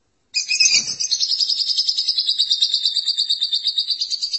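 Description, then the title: Lovebird song, an unbroken rapid buzzy trill with pulsing beats, opening with a brief harsher note. "BM Suara Burung Lovebird"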